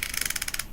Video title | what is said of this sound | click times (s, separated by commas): Ratchet Belts for Much Less: Anson vs Enimay vs Comfort Click | hear that clicking it is now latched | 0.0 s, 0.2 s, 0.3 s, 0.6 s